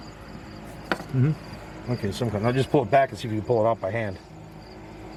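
A plastic wiring harness connector is pushed back onto the new ignition coil of a 2000 Ford E150 van's 5.4L engine, redone because an earlier click sounded too light, as part of fixing code P0301. A sharp click is heard at 0.9 s, and then someone talks. The connector is tug-tested by hand, and it holds, confirming it is seated.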